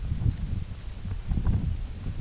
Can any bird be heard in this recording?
no